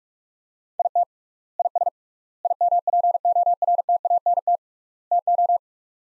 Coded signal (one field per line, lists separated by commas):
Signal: Morse code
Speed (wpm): 48 wpm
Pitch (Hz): 700 Hz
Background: none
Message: IT IS IMPORTANT TO